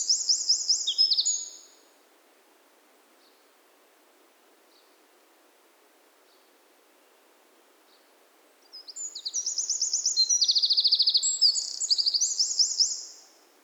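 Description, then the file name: Eurasian wren sings fast, high, rattling trills, then falls silent apart from a few soft ticks before a second long, energetic trilled phrase. "Troglodytes troglodytes"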